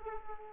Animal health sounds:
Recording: mosquito wingbeat signal from an infrared sensor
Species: Aedes aegypti

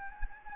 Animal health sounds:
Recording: mosquito wingbeat signal from an infrared sensor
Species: Anopheles gambiae

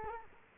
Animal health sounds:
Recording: mosquito wingbeat signal from an infrared sensor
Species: Culex quinquefasciatus

